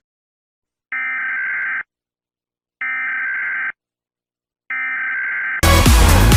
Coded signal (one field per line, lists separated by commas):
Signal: Emergency Alert System (SAME) tones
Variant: header bursts